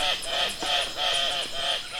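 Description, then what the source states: Andean Cock-of-the-Rock display calls: a series of squealing, nasal arched notes with a harsh raspy edge. Males at Andean cloud-forest leks in mating season scream, grunt, flap wings, bob heads, clack bills in mock fights; sounds like a chainsaw crossed with a squealing pig.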